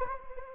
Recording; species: mosquito wingbeat signal from an infrared sensor; Anopheles gambiae